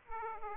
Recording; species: mosquito wingbeat signal from an infrared sensor; Aedes aegypti